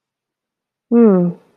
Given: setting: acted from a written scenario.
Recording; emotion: vocal sound without words; neutral